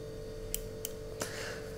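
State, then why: Seated. A microSD memory card is pushed into the card slot of an Apeman ID73 security camera and clicks into place, seated, with a sharp click at 0.5 s. Two more brief ticks follow at about 0.9 s and 1.2 s over a steady low hum.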